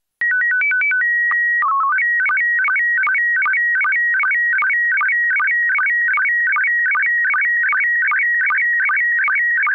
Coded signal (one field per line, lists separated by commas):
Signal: SSTV (slow-scan television)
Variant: PD 50